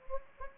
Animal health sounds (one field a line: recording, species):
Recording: mosquito wingbeat signal from an infrared sensor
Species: Anopheles gambiae